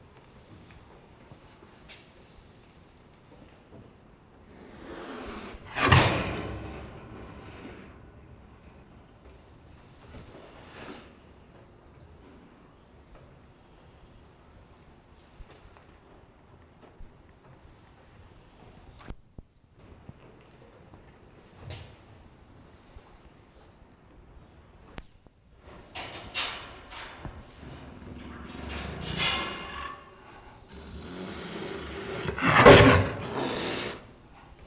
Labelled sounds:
Jaguar
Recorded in captivity
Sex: diverse
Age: diverse
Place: Zoo Rostock, Mecklenburg-Vorpommern, DE
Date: 1966-05-24 15:00
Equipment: Uher 4200 Report Monitor, Sennheiser MD 421, Transistorverstärker 2
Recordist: Tembrock, Günter
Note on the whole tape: Vorstoßen und Devensivlaut der Mutter, dann auch ein Junges (viereinhalb Wochen alt), während es angehoben wird (vom Pfleger), dann nochmals Stoßlaut der Mutter. Abstand 1 m. Aufnahmen zwichen 14.30 und 16.00 Uhr

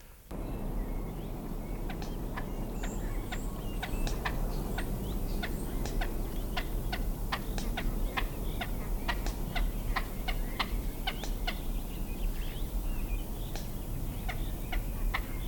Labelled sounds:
Great Crested Grebe call
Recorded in the wild
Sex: pair
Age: adult
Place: Schloß Dammsmühle, Brandenburg, DE
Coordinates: 52.69, 13.41
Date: 1995-05-01 19:54
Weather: heiter 14-15°C
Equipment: Marantz CP 430, Sennheiser ME 80, Kopie Uher 4000 Report Monitor
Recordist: Tembrock, Günter

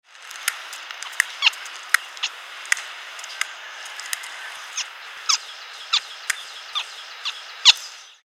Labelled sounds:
Reeves' Muntjac
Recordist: Tembrock, Günter
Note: Männchen: Zahngeräusche und helle Kurzlaute

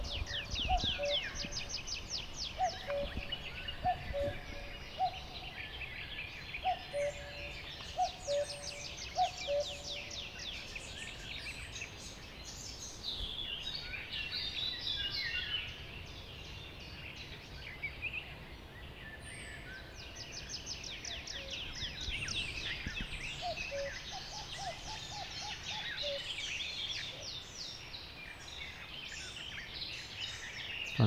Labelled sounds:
Common Cuckoo call
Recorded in the wild
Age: adult
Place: Hobrechtsfelder Rieselfelder, Naturpark Barnim, Berlin, DE
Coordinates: 52.666, 13.47
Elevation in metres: 65
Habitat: poplar grove
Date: 2014-05-17 06:48
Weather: cloudy, 10°C, weak winds
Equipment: Sound Devices 702, Sennheiser MKH 70, Rycote Windschutz
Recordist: Frommolt, Karl-Heinz

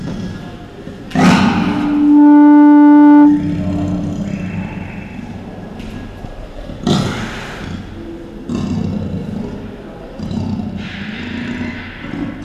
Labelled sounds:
Leopard
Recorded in captivity
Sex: female
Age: adult
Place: Tierpark Berlin, Berlin, DE
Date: 1974-01-13
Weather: sunny, ca. 5°C
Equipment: Uher 4200 Report Stereo, Sennheiser MD 421, Verstärker
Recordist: Tembrock, Günter

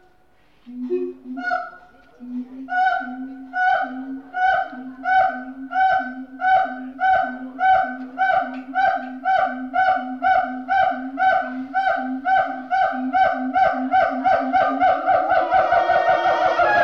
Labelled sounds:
Pileated Gibbon
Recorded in captivity
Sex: female
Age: adult
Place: Zoo Berlin, Berlin, DE
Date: 1988-08-28
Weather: bedeckt, 18-20°C
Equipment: Sony WM-D6C, Sony ECM-939 LT, Kopie Tesla B 116 Stereo
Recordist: Tembrock, Günter

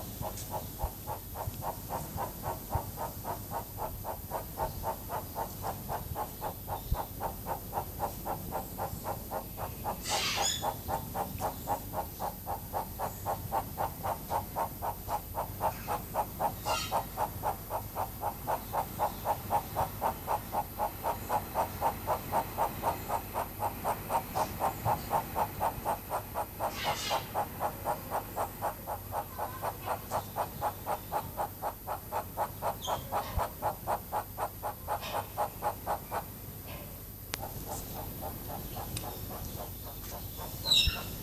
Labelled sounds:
Von Der Decken's Hornbill call
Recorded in captivity
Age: adult
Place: Zoo Berlin, Berlin, DE
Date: 2005-08-26 15:29
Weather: sonnig, 17°C
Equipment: Panasonic RQ-2102, Sennheiser ME 80, Kopie Uher 4000 Report Monitor
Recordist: Tembrock, Günter

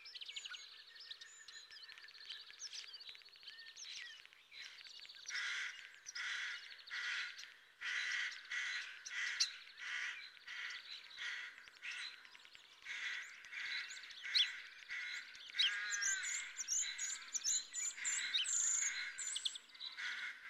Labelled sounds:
European Green Woodpecker song
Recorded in the wild
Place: March - Hugstetten /Breisgau, Baden-Württemberg, DE
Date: 2009-04-05
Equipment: MiniDisc Sharp MT 20 H
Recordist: Schwarz, Dieter

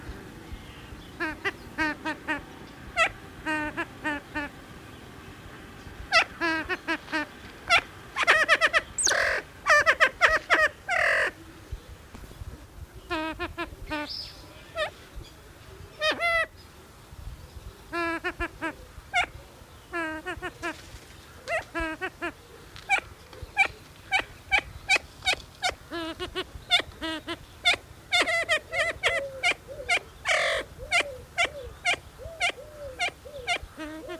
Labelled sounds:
Siamese Fireback call
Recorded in captivity
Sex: male
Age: adult
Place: Zoo Berlin, Berlin, DE
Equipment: Halbspur, 9,5 cm/s
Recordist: Lütgens, Hans
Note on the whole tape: Rufe

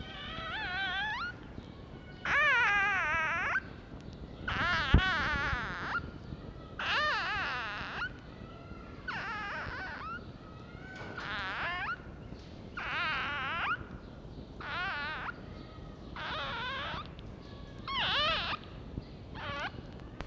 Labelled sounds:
Red Fox
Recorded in captivity
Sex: diverse
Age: juvenile
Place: Zoologisches Institut der HUB, Berlin, DE
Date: 1952-04-20 10:55
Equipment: Elmetra
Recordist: Tembrock, Günter
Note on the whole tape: Mucki-Welpen: Quärren bei Kälte (zuerst Männchen, dann Weibchen). Recht gute Aufnahmequalität

